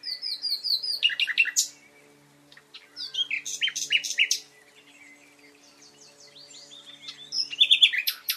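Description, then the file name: Common nightingale song: rich varied phrases mixing whistled slurs, sharp rapid notes and rattling trills, with pauses between bursts and a faint steady hum beneath. "Luscinia megarhynchos"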